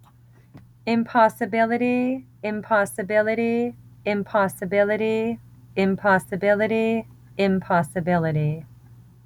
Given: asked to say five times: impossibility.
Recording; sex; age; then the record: repeated word; female; 40 to 49 years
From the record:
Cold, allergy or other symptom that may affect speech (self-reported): no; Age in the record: 41 years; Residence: New Hampshire, United States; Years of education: 14